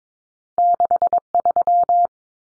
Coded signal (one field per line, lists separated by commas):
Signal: Morse code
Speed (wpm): 22 wpm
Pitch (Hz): 700 Hz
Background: none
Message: 63